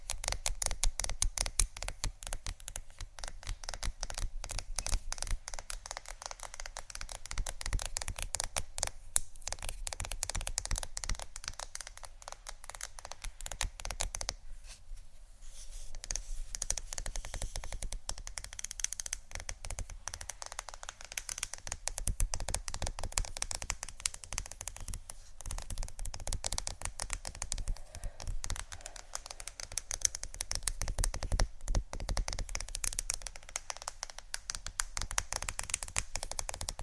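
Rapid tapping on wood, books and metal runs through the whole recording in dense, quick clicks that barely pause. The taps are sharp, with some bright metallic strikes and softer dull ones mixed in, and short gaps around 15 and 31 seconds.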